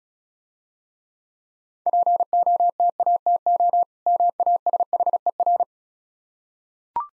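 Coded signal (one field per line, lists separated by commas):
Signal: Morse code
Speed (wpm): 36 wpm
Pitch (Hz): 700 Hz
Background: none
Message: POTATO MASHER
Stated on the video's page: Morse practice set of easy words at 28 wpm, speed-racing with contextual hints.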